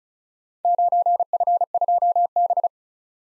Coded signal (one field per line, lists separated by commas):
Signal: Morse code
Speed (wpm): 35 wpm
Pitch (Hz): 700 Hz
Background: none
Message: 9F2B